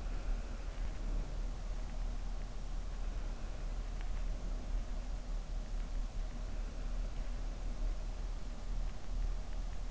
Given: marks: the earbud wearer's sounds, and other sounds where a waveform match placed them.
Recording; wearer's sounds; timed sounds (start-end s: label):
sounds in sleep by an in-ear microphone; breath
0.00-1.52 s: breath